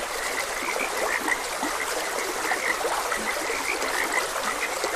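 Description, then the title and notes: Many frogs calling together in quick, clicking croaks, a few lower notes now and then, against gently rushing water. Frogs croaking beside a gentle stream, presented as calming nature ambience. "Gentle Stream and Frogs Croaking - Calming Sounds of Nature. Sleep and Relaxation Podcast"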